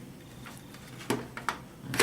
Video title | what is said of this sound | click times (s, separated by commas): uso xbox 360 repair training 11 re assembling the 360 generation 1 and 2 | just snaps right in place from the top at | 1.5 s